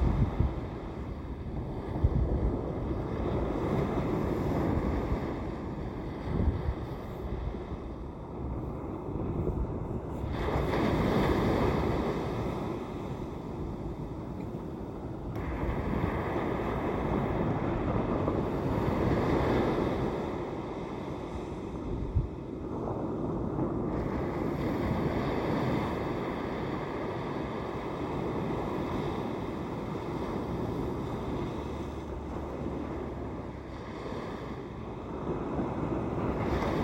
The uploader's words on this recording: Bogue Banks Atlantic Beach. Recorded oceanside in the town of Atlantic Beach, North Carolina.